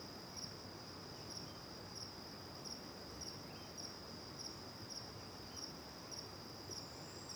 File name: Grilo perto e outros grilos longe de costas para o rio em terra ronca, varios passaros, vaca longe, gravacao em ab